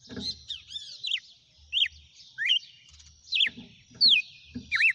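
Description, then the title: Red-cowled cardinal uttering irregular slurred whistles and twisting notes, mixed with soft low thumps. Female red-cowled cardinal, described as singing and 'batendo fogo'. "Canto Galo Campina Fêmea. GALO DE CAMPINA CANTANDO e BATENDO FOGO?"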